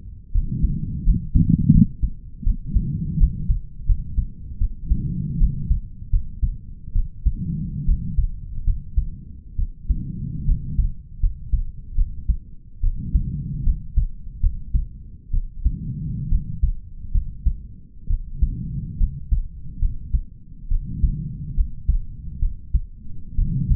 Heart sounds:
heart sounds by stethoscope; 73 bpm
0.33 s: heartbeat
1.05 s: heartbeat
1.72 s: heartbeat
2.44 s: heartbeat
3.18 s: heartbeat
3.86 s: heartbeat
4.59 s: heartbeat
5.38 s: heartbeat
6.10 s: heartbeat
6.93 s: heartbeat
7.86 s: heartbeat
8.65 s: heartbeat
9.56 s: heartbeat
10.46 s: heartbeat
11.20 s: heartbeat
11.95 s: heartbeat
12.81 s: heartbeat
13.64 s: heartbeat
14.41 s: heartbeat
15.31 s: heartbeat
16.29 s: heartbeat
17.12 s: heartbeat
18.08 s: heartbeat
18.98 s: heartbeat
19.79 s: heartbeat
20.69 s: heartbeat
21.55 s: heartbeat
22.40 s: heartbeat
23.36 s: heartbeat
From the record:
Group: healthy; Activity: rest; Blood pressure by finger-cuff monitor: 102/77 mmHg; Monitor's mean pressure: 84 mmHg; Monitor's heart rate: 72 bpm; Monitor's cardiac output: 5.1 L/min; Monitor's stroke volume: 71 mL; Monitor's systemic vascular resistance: 1210 dyn s/cm5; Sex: male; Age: 20 years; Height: 187 cm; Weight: 68.9 kg

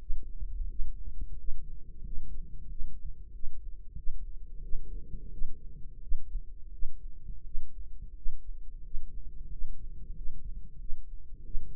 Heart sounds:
heart sounds by microphone in the right ear; 89 bpm
0.67 s: heartbeat
1.36 s: heartbeat
2.02 s: heartbeat
2.68 s: heartbeat
3.32 s: heartbeat
3.95 s: heartbeat
4.61 s: heartbeat
5.30 s: heartbeat
6.00 s: heartbeat
6.70 s: heartbeat
7.43 s: heartbeat
8.14 s: heartbeat
8.82 s: heartbeat
9.49 s: heartbeat
10.13 s: heartbeat
10.78 s: heartbeat
11.43 s: heartbeat
From the record:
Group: healthy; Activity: rest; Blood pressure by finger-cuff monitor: 110/70 mmHg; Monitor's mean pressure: 83 mmHg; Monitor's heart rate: 89 bpm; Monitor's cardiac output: 7.6 L/min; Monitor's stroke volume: 87 mL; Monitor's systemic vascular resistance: 800 dyn s/cm5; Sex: male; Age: 33 years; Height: 179 cm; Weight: 80.4 kg

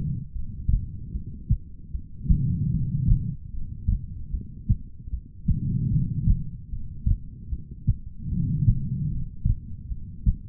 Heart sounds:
heart sounds by stethoscope; 75 bpm
0.33 s: heartbeat
1.12 s: heartbeat
1.92 s: heartbeat
2.71 s: heartbeat
3.51 s: heartbeat
4.31 s: heartbeat
5.10 s: heartbeat
5.90 s: heartbeat
6.70 s: heartbeat
7.50 s: heartbeat
8.29 s: heartbeat
9.09 s: heartbeat
9.89 s: heartbeat
From the record:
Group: heart failure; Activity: rest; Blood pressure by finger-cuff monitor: 97/66 mmHg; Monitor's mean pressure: 79 mmHg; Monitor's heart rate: 75 bpm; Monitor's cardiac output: 4.9 L/min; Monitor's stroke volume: 65 mL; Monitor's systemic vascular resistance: 1160 dyn s/cm5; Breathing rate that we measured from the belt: 20 breaths a minute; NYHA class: 2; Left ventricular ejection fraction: 58%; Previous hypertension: present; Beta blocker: bisoprolol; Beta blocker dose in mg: 5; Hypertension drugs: ramipril, spironolactone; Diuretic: furosemide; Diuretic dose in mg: 160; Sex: female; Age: 55 years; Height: 155 cm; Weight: 67 kg

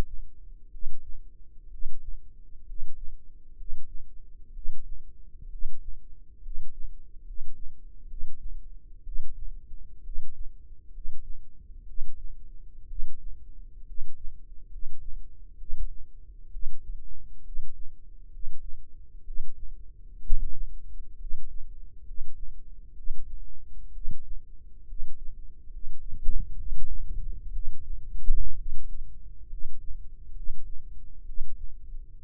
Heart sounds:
heart sounds by microphone in the left ear; 65 bpm
0.68 s: heartbeat
1.67 s: heartbeat
2.62 s: heartbeat
3.53 s: heartbeat
4.50 s: heartbeat
5.47 s: heartbeat
6.39 s: heartbeat
7.21 s: heartbeat
8.04 s: heartbeat
9.01 s: heartbeat
10.00 s: heartbeat
10.89 s: heartbeat
11.83 s: heartbeat
12.85 s: heartbeat
13.82 s: heartbeat
14.66 s: heartbeat
15.54 s: heartbeat
16.48 s: heartbeat
17.40 s: heartbeat
18.27 s: heartbeat
19.21 s: heartbeat
20.20 s: heartbeat
21.15 s: heartbeat
22.01 s: heartbeat
22.92 s: heartbeat
23.89 s: heartbeat
24.83 s: heartbeat
25.67 s: heartbeat
26.52 s: heartbeat
27.49 s: heartbeat
28.54 s: heartbeat
29.45 s: heartbeat
30.31 s: heartbeat
31.22 s: heartbeat
32.21 s: heartbeat
From the record:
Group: healthy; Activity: cold pressor test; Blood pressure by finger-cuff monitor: 111/60 mmHg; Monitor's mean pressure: 70 mmHg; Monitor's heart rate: 65 bpm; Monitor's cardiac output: 7.1 L/min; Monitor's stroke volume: 109 mL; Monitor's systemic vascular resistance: 700 dyn s/cm5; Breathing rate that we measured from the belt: 16 breaths a minute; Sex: male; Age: 22 years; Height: 185 cm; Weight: 112.4 kg

